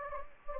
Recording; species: mosquito wingbeat signal from an infrared sensor; Anopheles gambiae